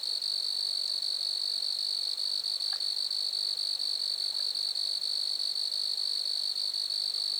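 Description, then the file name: Grasshoppers buzzing in an unbroken, shrill, finely pulsed trill that holds one high pitch throughout, with a thin overtone above. Lac-à-François, Montcerf-Lytton, Quebec, Canada. "criquets-grasshoppers- -lac-acc 80-franccca 7 ois-montcerf-lytton-quecc 81 bec-canada"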